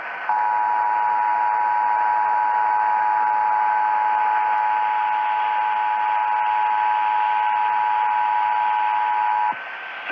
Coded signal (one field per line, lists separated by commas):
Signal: Emergency Alert System (SAME) tones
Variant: 853 and 960 Hz attention tone